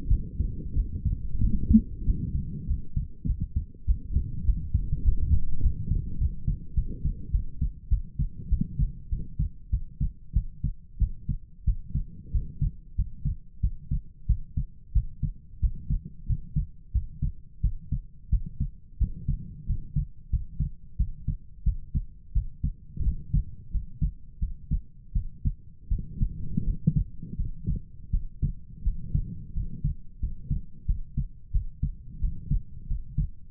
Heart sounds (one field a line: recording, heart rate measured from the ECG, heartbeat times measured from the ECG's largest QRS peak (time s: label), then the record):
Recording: heart sounds by stethoscope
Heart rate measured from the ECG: 91 bpm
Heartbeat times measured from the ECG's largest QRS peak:
0.07 s: heartbeat
0.74 s: heartbeat
1.39 s: heartbeat
2.04 s: heartbeat
2.66 s: heartbeat
3.25 s: heartbeat
3.85 s: heartbeat
4.44 s: heartbeat
5.03 s: heartbeat
5.61 s: heartbeat
6.17 s: heartbeat
6.74 s: heartbeat
7.31 s: heartbeat
7.88 s: heartbeat
8.48 s: heartbeat
9.09 s: heartbeat
9.70 s: heartbeat
10.33 s: heartbeat
10.98 s: heartbeat
11.65 s: heartbeat
12.31 s: heartbeat
12.95 s: heartbeat
13.61 s: heartbeat
14.26 s: heartbeat
14.93 s: heartbeat
15.60 s: heartbeat
16.26 s: heartbeat
16.92 s: heartbeat
17.61 s: heartbeat
18.30 s: heartbeat
18.98 s: heartbeat
19.66 s: heartbeat
20.30 s: heartbeat
20.97 s: heartbeat
21.64 s: heartbeat
22.33 s: heartbeat
23.03 s: heartbeat
23.71 s: heartbeat
24.39 s: heartbeat
25.13 s: heartbeat
25.88 s: heartbeat
26.64 s: heartbeat
27.36 s: heartbeat
28.10 s: heartbeat
28.83 s: heartbeat
29.53 s: heartbeat
30.19 s: heartbeat
30.86 s: heartbeat
31.51 s: heartbeat
32.20 s: heartbeat
32.87 s: heartbeat
From the record:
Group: healthy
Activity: cold pressor test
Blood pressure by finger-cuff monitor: 83/59 mmHg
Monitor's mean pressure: 68 mmHg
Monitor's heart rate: 91 bpm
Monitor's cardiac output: 7 L/min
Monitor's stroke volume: 76 mL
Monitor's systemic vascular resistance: 700 dyn s/cm5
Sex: female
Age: 19 years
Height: 163 cm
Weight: 48.9 kg